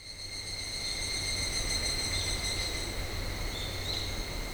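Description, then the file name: Evening cicada call: a continuous high, metallic buzz with a few brief wavering notes, over a low steady hum. "higurashi"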